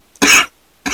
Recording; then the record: coughing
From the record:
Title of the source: 64 coughing, allergies, singing lungs